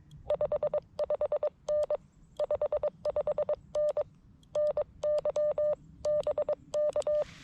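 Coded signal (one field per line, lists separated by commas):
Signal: Morse code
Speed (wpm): 23 wpm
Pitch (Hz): 600 Hz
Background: none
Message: 55N 55N NYBK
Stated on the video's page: CW parks on the air activation at K-5221 Oakley Corners state forest, using FX-4CR radio and Wolf River Coils 17' whip; slow, with QRM.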